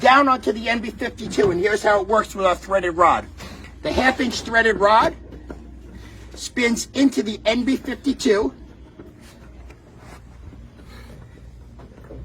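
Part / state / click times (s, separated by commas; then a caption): threaded rod into roof attachment base / not seated / none. Someone talks while a 1/2 in threaded rod is spun by hand into an NB52 metal roof attachment base. Faint small ticks are heard after the talking stops. The clip ends before the rod bottoms out, so nothing has seated or locked yet.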